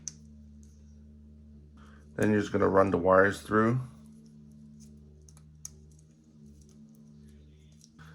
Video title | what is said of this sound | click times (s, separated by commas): GPSTAR 2 Hasbro Wand Extreme Kit Install Guide | Then take this connector piece and these snap together like so. | 0.1 s